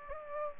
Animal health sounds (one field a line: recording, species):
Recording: mosquito wingbeat signal from an infrared sensor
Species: Aedes aegypti